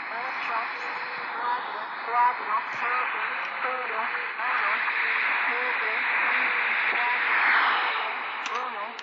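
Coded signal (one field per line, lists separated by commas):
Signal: numbers station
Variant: V02 Spanish lady, Spanish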